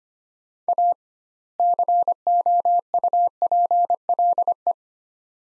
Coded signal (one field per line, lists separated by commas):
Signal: Morse code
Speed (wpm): 25 wpm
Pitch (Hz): 700 Hz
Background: none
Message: A COUPLE